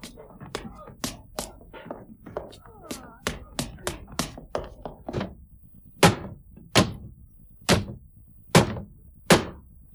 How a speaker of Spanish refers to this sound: Está dando hachazos a una ventana de un dormitorio.